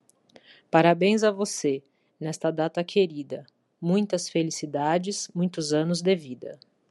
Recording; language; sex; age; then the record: short text; Brazilian Portuguese; female; 40 to 49 years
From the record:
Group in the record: control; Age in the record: 41 years